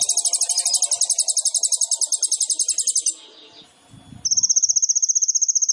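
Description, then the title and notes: Sunbird song: a long fast trill of high rattling notes, a short pause with soft noise, then another steady trill. Masteran for songbirds, used as a lure to prompt singing; full of isian (filler phrases) and tembakan (shots); the bird is gacor, singing actively. "MASTERAN KOLIBRI NINJA FULL ISIAN DAN TEMBAKAN COCOK BUAT PANCINGAN. Suara Burung Kolibri Ninja Gacor"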